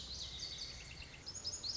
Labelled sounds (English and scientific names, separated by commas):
Lazuli Bunting (Passerina amoena)